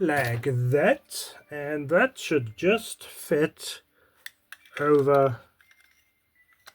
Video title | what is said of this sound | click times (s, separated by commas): Fanhome Build the INFINITY GAUNTLET Pack 17-21 | and click into place like that. | 6.7 s